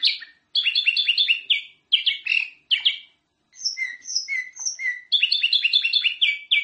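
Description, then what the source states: Sooty-headed bulbul song: bursts of quick, bright chirping notes in runs, broken by short pauses, with a few clearer whistled notes midway. Kutilang described as gacor, a local term for a bird singing constantly and energetically.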